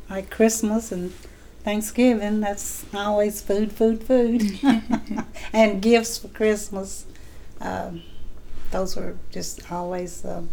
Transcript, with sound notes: like Christmas and Thanksgiving, it was always food, food, food. (she laughs) And gifts for Christmas. Those were just always the